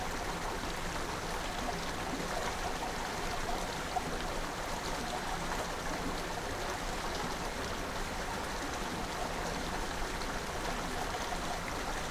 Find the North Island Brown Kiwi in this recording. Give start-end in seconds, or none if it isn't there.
none